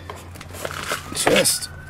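Someone talks while handling a plastic bottom trim piece, pressing it back into the rear hatch/spoiler area of a 2022 GR86/BRZ after installing the fourth brake light socket. Light handling taps and rustles sound against the speech. The clip ends before the part goes home, so nothing has seated or clicked yet.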